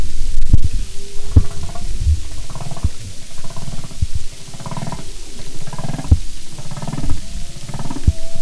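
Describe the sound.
Humpback whale sounds: deep pulsed grunts and throbbing rumbles repeat, with faint tonal moans underneath and sharp clicks mixed in.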